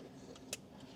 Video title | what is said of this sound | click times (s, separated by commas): CAtuned Off-Road - 2024 Toyota Tacoma Air Compressor Kit Install | there you go hear that click when you hear that click that's success | 0.5 s